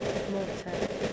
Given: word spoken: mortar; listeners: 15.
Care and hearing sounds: one English word in noise, from a listening test; noise modulated by three-talker babble; -3.3 dB; 0 of 15; 14 of 15; 0.73 s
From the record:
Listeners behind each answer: 14, 1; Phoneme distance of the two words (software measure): 10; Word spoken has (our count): 2 syllables, 4 phonemes, stress on syllable 1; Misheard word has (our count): 2 syllables, 4 phonemes, stress on syllable 1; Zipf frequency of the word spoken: 3.65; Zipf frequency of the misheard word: 5.53

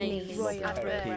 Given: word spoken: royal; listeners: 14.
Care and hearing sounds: one English word in noise, from a listening test; four-talker babble; -1.9 dB; 5 of 14; 6 of 14; 0.77 s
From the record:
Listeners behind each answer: 6, 5, 1, 1, 1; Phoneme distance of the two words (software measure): 37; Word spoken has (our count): 2 syllables, 4 phonemes, stress on syllable 1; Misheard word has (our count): 1 syllable, 3 phonemes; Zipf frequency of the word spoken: 5.09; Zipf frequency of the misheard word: 3.70

